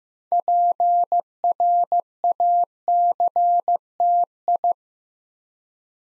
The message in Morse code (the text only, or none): PRACTI